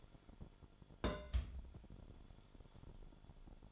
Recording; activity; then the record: daily activity, microphone in the room; place on stove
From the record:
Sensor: 5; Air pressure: 1008.0 hPa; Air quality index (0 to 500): 107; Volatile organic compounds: 1 ppm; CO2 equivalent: 828 ppm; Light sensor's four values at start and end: 30/64/28/29 and 29/61/27/28